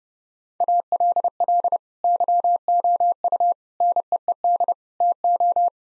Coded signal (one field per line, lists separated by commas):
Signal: Morse code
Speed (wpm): 30 wpm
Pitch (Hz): 700 Hz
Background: none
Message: ALL YOU NEED TO